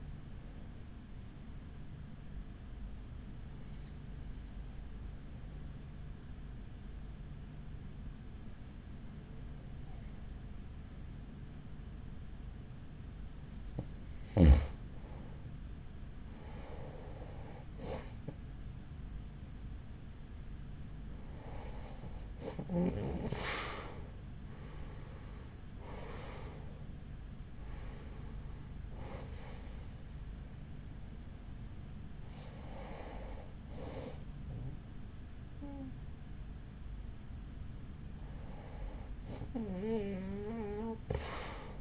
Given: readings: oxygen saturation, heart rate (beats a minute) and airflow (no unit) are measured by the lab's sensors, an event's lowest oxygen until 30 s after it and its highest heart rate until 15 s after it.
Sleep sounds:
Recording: breathing in sleep by a smartphone at the bedside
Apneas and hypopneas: 1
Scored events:
3.00-15.70 s: hypopnea (N1, oxygen 94% highest, then 91% lowest, heart rate 40 at the start, 51 highest)
From the record:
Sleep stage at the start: N1 (lightest sleep)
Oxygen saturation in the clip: 91 to 94%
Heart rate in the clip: 40 to 51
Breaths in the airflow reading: 10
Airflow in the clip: -7.3 to 7.6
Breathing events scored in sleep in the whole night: 207 in 7.6 hours asleep

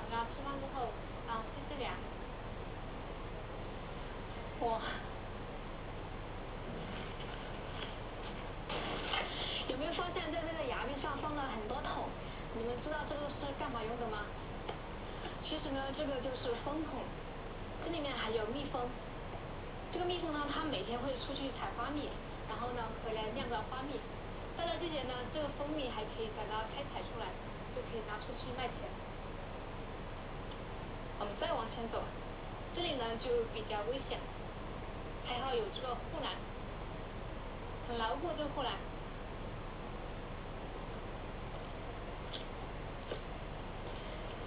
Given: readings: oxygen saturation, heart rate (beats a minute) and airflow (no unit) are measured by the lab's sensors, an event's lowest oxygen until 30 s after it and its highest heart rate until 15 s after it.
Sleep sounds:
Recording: a person awake in a sleep study, by a voice recorder at the bedside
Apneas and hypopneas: none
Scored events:
0.00-44.47 s: awake
From the record:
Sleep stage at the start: awake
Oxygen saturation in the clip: 93 to 94%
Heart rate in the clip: 59 to 69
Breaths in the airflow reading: 14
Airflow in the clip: -7.9 to 5.9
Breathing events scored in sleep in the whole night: 476 in 9.7 hours asleep

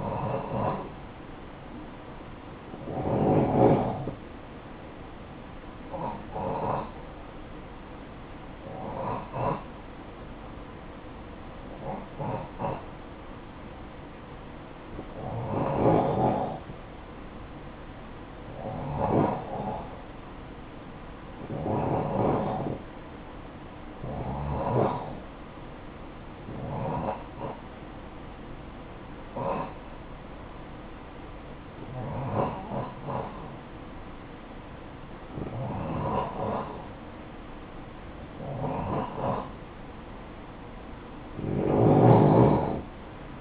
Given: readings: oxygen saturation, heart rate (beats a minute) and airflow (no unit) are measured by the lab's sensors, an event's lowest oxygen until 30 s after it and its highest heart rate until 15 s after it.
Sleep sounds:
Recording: breathing in sleep by a voice recorder at the bedside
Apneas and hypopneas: none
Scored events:
16.00-43.41 s: new sleep stage, N3 (deep sleep)
From the record:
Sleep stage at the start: N2 (light sleep)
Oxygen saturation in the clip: 87 to 90%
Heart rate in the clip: 49 to 59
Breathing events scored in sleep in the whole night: 573 in 9.8 hours asleep

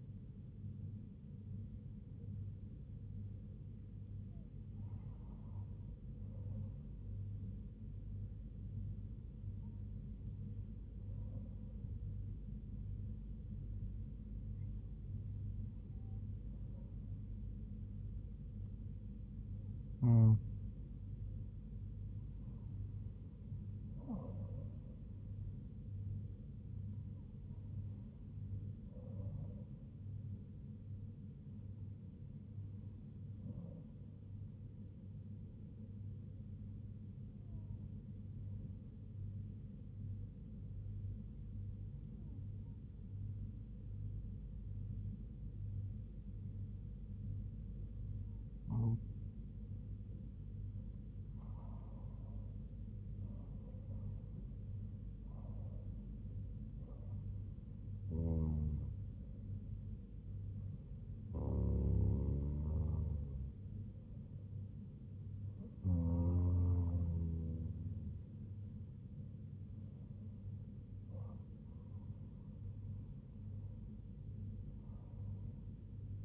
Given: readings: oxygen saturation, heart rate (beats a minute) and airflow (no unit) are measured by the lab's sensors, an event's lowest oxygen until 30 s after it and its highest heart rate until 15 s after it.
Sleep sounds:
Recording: breathing in sleep by a smartphone at the bedside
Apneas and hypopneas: none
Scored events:
none scored
From the record:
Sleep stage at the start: N2 (light sleep)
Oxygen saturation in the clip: 96 to 98%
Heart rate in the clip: 69 to 84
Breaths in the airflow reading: 17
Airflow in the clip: -4.5 to 4.4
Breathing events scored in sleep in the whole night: 158 in 7.3 hours asleep

